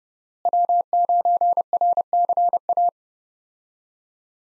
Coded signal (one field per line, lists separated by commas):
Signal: Morse code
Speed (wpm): 32 wpm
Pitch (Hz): 700 Hz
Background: none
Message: W9RCA